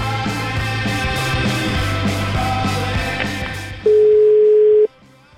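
A telephone line with a low, rhythmic pulsing tone for several seconds, then a loud, steady single-pitch dial tone that holds for about a second and cuts off abruptly.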